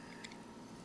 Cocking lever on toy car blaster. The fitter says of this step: gray lever right there. You hear it click.